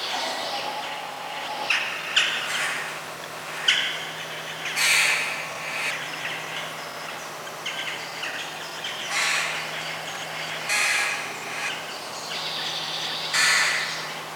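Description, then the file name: Bird calls, harsh cawing bursts sounding several times over a steady hiss of falling rain. Birds calling during rain. "Rain Birds - Sleepy Bird Sounds"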